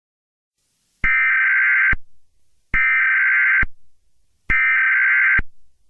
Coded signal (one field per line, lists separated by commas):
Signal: Emergency Alert System (SAME) tones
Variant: header bursts